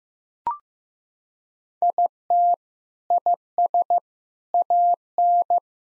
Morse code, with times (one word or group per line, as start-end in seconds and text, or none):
1.8-2.5 IT
3.1-4.0 IS
4.5-5.6 AN